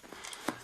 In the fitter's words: so it kind of pops into place so